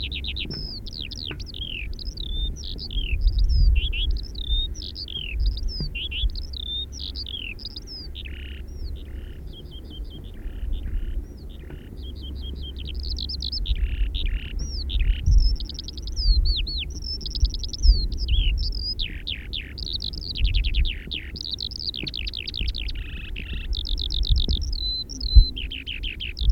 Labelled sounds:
Eurasian Skylark song

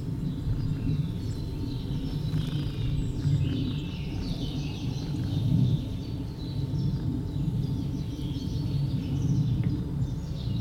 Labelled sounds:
Marsh Tit

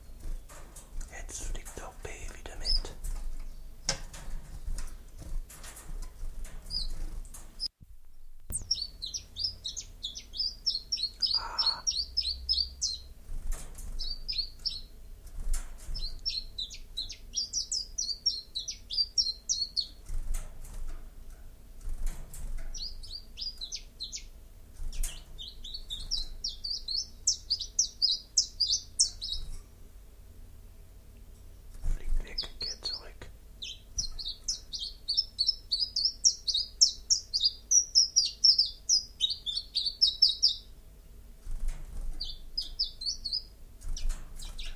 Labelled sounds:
Common Chiffchaff song

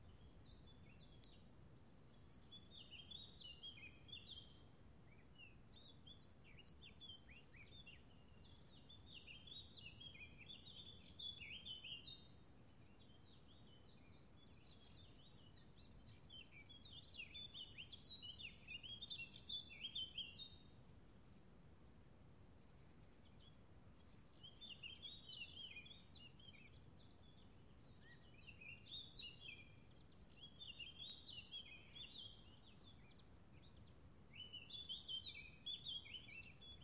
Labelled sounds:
Eurasian Blackcap song

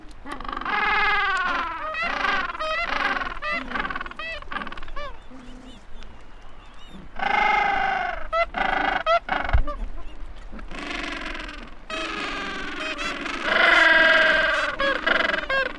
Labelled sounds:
Gentoo Penguin call

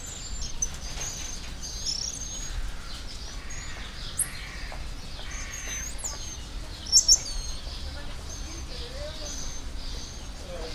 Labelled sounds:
White-headed Marmoset call

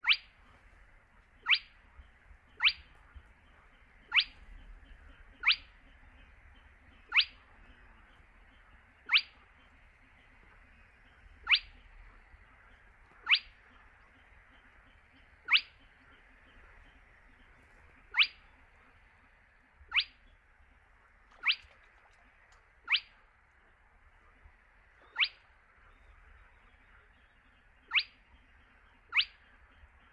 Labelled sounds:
Spotted Crake

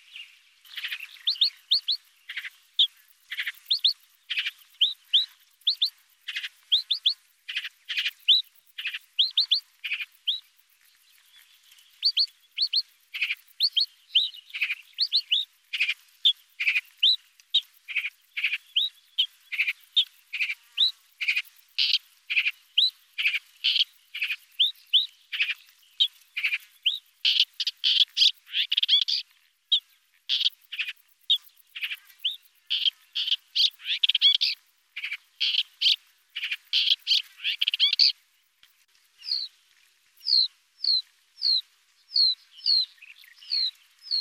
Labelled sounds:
Upcher's Warbler song

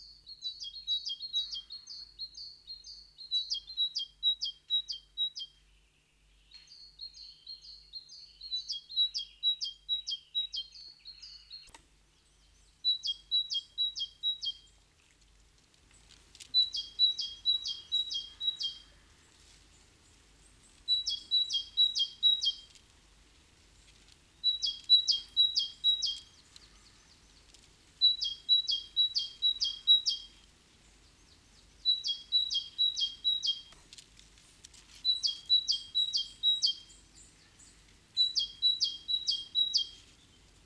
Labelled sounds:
Great Tit song

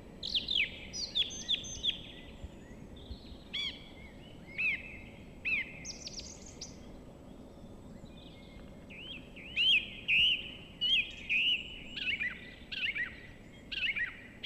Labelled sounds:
Song Thrush song

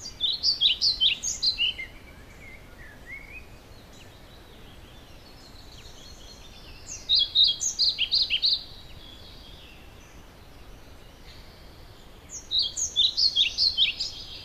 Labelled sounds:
European Pied Flycatcher song

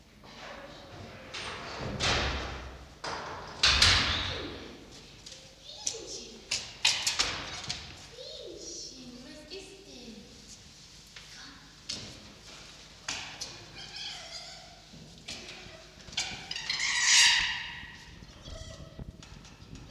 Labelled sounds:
Red Fox

